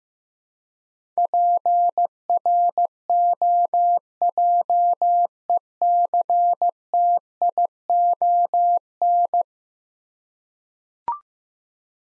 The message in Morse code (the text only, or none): PROJECTION